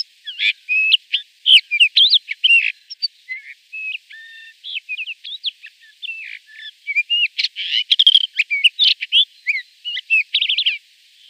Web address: Schulze Peter Rufous-tailed Rock-Thrush song